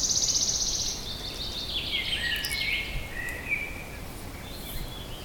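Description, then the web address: Wood warbler song, a brief, fast, high trill at the start, followed by lower chirps and phrases. "linnut sirittaja"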